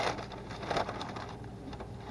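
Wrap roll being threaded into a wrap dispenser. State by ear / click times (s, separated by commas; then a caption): not seated / none. The paper or plastic wrap on a roll being threaded into a Wrap Master wrap dispenser is pulled up through the dispenser and lined up before the cutter section is closed. Soft, quiet handling rustles run throughout, with a faint brief tick near 1.4 seconds. Nothing has clicked or seated yet.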